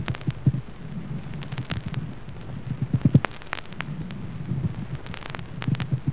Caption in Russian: Нежный шум трения плевры. Шум трения плевры также выслушивается в начале эксудативного плеврита и при рассасывании плевральной жидкости.